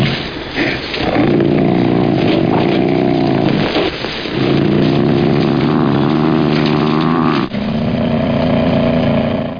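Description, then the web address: Ocelot giving long, harmonic, moaning yowls, three sustained drawn-out calls separated by brief breaks. "omnia 101. Ocelot"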